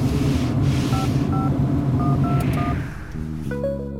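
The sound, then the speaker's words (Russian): Five short dual-pitched telephone keypad beeps tap out a number to call a misplaced phone, over a steady low rumbling background, followed by a sustained electronic tone at the end. “Где мой телефон? Наберите меня.”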